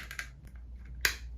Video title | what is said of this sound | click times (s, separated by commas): TheraCup Tutorial - Electrical Stimulation And Cupping Combined | that snaps in place. | 1.1 s